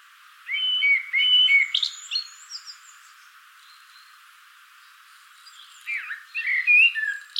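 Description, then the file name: Common blackbird song, a short fluty phrase with high squeaky additions, then after a silent gap a second warbling phrase. "Turdus merula"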